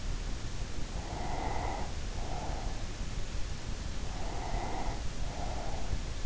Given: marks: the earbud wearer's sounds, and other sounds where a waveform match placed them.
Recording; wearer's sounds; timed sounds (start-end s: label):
sounds in sleep by an in-ear microphone; breath
0.79-2.97 s: breath
3.97-6.17 s: breath